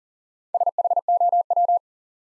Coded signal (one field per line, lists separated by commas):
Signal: Morse code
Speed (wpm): 40 wpm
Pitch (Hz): 700 Hz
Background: none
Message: SHOW